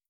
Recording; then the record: hydrophone in a shrimp aquaculture tank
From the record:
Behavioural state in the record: starved